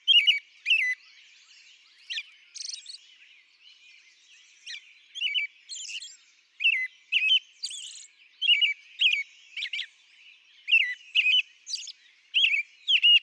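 American robin singing a long run of short whistled, rising-and-falling phrases, with high squeaky notes interleaved.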